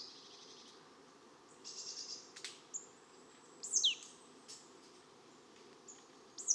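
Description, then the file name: Marsh Tit calls: sharp, high notes sweeping steeply downward, given in a short cluster midway and again at the end, over a steady low background hum. "Poecile palustris"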